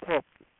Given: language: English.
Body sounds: throat vibration sensor signal played as sound; speech

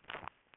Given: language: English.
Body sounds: throat vibration sensor signal played as sound; swallow

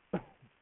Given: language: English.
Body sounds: throat vibration sensor signal played as sound; cough

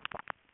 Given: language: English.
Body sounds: throat vibration sensor signal played as sound; swallow

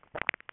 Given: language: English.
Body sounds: throat vibration sensor signal played as sound; swallow

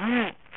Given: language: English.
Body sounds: throat vibration sensor signal played as sound; throat clearing

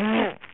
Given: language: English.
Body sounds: throat vibration sensor signal played as sound; throat clearing

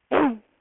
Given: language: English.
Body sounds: throat vibration sensor signal played as sound; throat clearing

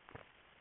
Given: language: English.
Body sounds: throat vibration sensor signal played as sound; swallow

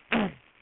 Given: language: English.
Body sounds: throat vibration sensor signal played as sound; throat clearing

